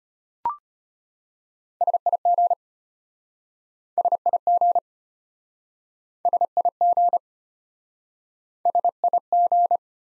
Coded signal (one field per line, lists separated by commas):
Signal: Morse code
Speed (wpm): 33 wpm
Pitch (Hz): 700 Hz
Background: none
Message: SIG SIG SIG SIG